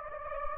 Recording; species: mosquito wingbeat signal from an infrared sensor; Anopheles gambiae